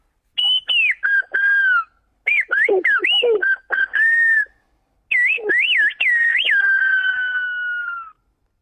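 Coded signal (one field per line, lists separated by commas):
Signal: whistled language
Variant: Silbo Gomero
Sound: a loud piercing whistle rising and falling in speech-like phrases, three bursts with pauses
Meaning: Dad, when you come over here, bring the hoe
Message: papá que cuando vengas para acá traigas la azada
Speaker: la frase que acabamos de escuchar significa dice papá que cuando vengas para acá traigas la azada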